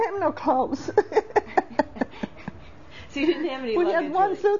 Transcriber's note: she laughs